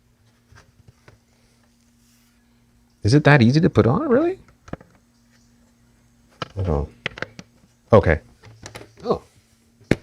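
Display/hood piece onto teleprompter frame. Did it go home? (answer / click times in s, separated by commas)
yes / 9.9 s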